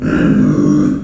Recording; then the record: squeal of a Yucatan mini pig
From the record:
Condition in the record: after surgery on the right vocal fold (resection and tissue-engineered implant); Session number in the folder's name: 6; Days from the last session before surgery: 40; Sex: female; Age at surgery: 19 weeks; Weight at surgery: 25 kg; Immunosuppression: prednisolone